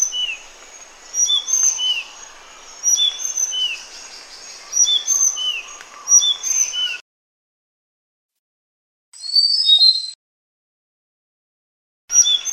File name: suara burung sikatan sunda. omkicau